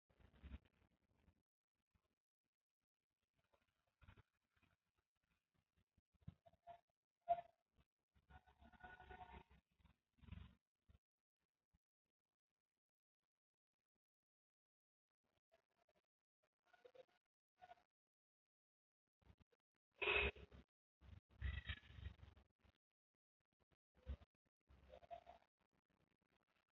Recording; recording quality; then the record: deep breathing; poor, much background noise or distortion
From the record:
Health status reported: healthy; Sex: female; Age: 32 years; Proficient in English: yes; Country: India